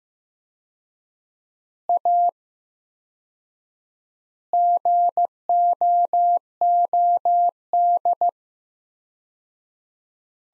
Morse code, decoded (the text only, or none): A GOOD